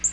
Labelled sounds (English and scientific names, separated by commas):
Black-throated Green Warbler (Setophaga virens) flight call